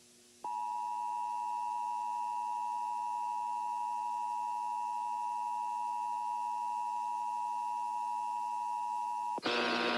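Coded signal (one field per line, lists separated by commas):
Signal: Emergency Alert System (SAME) tones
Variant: 853 and 960 Hz attention tone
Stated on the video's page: Iowa Required Monthly Test originated from an AM station and relayed to all Iowa radio and TV stations, received off two radio stations.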